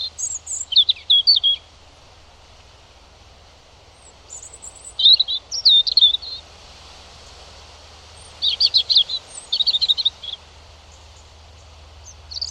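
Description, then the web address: European robin delivering several short, high, fluty and tinkling phrases with pauses of a few seconds between them, over a faint low background hum. "Deverinetal 2025 File origin Bird Only Er Ru"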